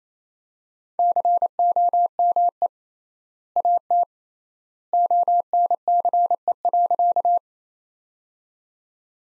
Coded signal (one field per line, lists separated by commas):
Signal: Morse code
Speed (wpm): 28 wpm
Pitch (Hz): 700 Hz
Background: none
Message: COME AT ONCE.